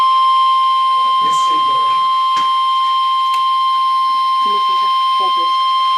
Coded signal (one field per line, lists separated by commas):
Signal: Emergency Alert System (SAME) tones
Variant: 1050 Hz attention tone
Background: speech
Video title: Severe T-Storm Warning (EAS #899)